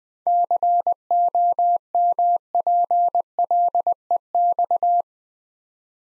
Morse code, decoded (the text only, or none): COMPLEX